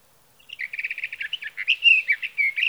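Sage thrasher song: a fast stuttered run of short notes opening into a continuous warbled string of varied whistled phrases, clean and high-pitched with no other sounds.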